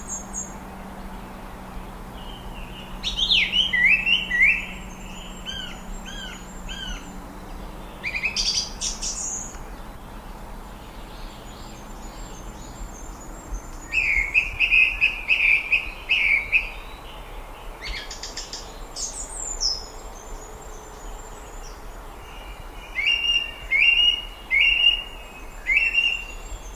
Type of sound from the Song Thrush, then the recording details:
song. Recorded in the wild. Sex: male. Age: adult. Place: Gößweinstein, Fränkische Schweiz, Bayern, DE. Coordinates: 49.775, 11.3403. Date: 1962-06-12. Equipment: Stellavox SM 5, Original, Vollspur. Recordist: Tretzel, Erwin